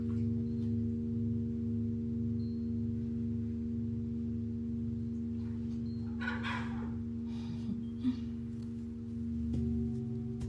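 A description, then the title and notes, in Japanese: Three large singing bowls ring together in a steady, deep sustained drone, their low tones slowly pulsing and beating against each other. Around six to seven seconds a soft brushing, rustling noise rises briefly, and a light tap sounds near eight seconds. 大きいボウル3つだけのサウンドヒーリングLive メキシコは朝です。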